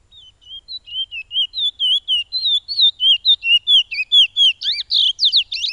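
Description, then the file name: Black-capped white-eye song: a long, fast series of high, slurred whistled notes wavering up and down, growing louder and ending in a busier, more rapid warble. "suara burung piolet omkicau"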